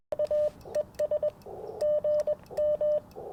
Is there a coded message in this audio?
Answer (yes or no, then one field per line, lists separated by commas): yes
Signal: Morse code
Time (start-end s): 0.2-3.0 s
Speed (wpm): 18 wpm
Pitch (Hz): 600 Hz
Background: radio noise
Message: A ES GM